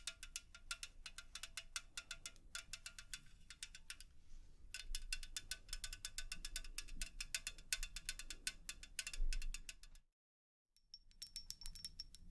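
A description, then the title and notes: Quick, crisp tapping runs almost nonstop in rapid bursts, each tap a sharp bright click. A brief hush falls just after ten seconds, then the tapping resumes over a faint high ringing tone and a soft low rumble. 100% Tapping.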